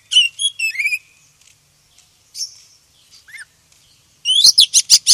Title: KACER HITAM